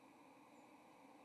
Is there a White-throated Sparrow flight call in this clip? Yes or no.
no